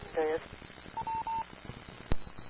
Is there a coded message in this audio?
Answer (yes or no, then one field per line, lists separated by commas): no